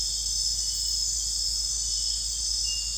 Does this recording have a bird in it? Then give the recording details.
no. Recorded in secondary vegetation near Puerto Asís, Putumayo, Colombia, on 21 December 2024 at 00:00. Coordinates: 0.484, -76.319. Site GP06